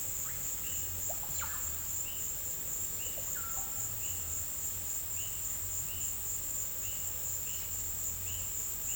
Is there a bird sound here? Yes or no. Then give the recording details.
yes. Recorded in pastures near Puerto Asís, Putumayo, Colombia, on 22 December 2024 at 17:00. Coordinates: 0.472, -76.329. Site G072